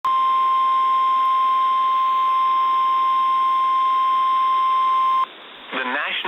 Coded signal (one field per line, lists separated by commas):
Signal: Emergency Alert System (SAME) tones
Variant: 1050 Hz attention tone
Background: speech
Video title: EAS #125: Tornado Warning on KIH61